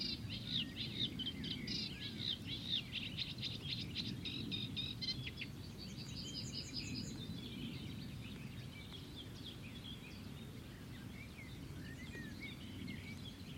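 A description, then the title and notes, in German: Birds chirp and call over a steady low rumble of outdoor noise. A dense, busy chorus of bright tweets fills the first seven seconds, including a quick rapid trill around six seconds, then the calls thin out to scattered chirps while the rumble continues. Danach kamen die üblichen Vögel.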